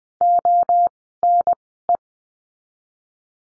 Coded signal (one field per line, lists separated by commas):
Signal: Morse code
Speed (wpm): 20 wpm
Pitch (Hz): 700 Hz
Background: none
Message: O N E